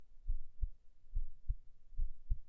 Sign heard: Heart beat calm.